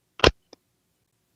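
A handheld scanner radio is pressed into a 3D-printed plastic case made to snap around it and hold it tight; the holder is designed to fit a Uniden Bearcat BC125AT or BCD325P2. A sharp double snap is heard at 0.2 and 0.24 seconds, followed by a faint tick at about 0.5 seconds. The scanner is seated in the holder.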